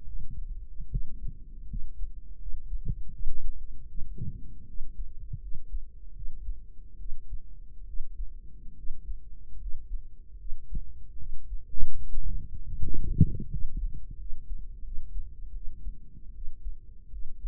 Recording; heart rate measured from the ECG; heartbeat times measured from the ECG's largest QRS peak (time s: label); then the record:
heart sounds by microphone in the right ear; 77 bpm
0.04 s: heartbeat
0.87 s: heartbeat
1.66 s: heartbeat
2.37 s: heartbeat
3.09 s: heartbeat
3.85 s: heartbeat
4.64 s: heartbeat
5.38 s: heartbeat
6.12 s: heartbeat
6.96 s: heartbeat
7.84 s: heartbeat
8.73 s: heartbeat
9.57 s: heartbeat
10.35 s: heartbeat
11.15 s: heartbeat
11.96 s: heartbeat
12.74 s: heartbeat
13.47 s: heartbeat
14.15 s: heartbeat
14.80 s: heartbeat
15.51 s: heartbeat
16.31 s: heartbeat
17.08 s: heartbeat
From the record:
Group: healthy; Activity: rest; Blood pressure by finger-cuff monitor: 105/64 mmHg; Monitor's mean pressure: 76 mmHg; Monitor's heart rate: 76 bpm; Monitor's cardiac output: 6.2 L/min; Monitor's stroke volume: 79 mL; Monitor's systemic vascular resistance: 900 dyn s/cm5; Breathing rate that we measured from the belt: 16 breaths a minute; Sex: female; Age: 23 years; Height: 160 cm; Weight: 50.4 kg